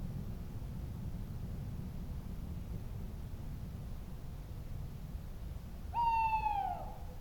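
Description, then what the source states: Owl giving a single harmonic hoot that slides downward near the end, over a steady low rumble. Owl calls in a forest at night, with city background atmosphere.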